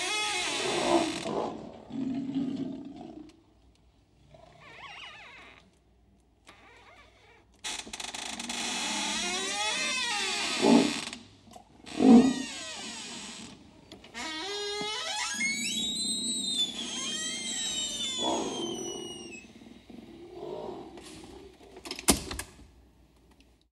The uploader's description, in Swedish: Duett för en gnisslande dörr och ett lejon